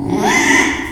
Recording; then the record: squeal of a Yucatan mini pig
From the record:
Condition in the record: after surgery on the right vocal fold (resection and tissue-engineered implant); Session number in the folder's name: 3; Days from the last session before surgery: 33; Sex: male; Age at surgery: 12 weeks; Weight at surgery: 13 kg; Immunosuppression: cyclosporine, prednisolone